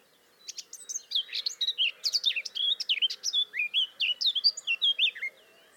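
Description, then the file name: Eurasian blackcap song: a fast, chattering warble of high chirps sliding up and down, running for about five seconds over a faint low hum. "Sylvia atricapilla"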